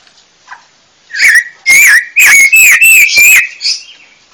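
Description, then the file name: Panca warna bird singing a loud, steady whistled phrase broken into several ringing notes with bright buzzy overtones. Indonesian songbird giving a loud, full song, described as ngeplong kencang. "Kicau Burung Panca Warna Ngeplong Kencang"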